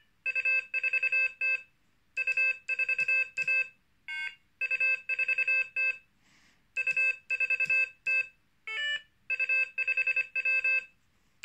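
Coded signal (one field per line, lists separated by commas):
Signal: Morse code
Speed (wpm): 25 wpm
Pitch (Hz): 2600 Hz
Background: none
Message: U4T U4A U4T U4T U5W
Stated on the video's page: Morse generated by a Morserino-32 in echo trainer mode.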